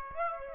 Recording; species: mosquito wingbeat signal from an infrared sensor; Aedes aegypti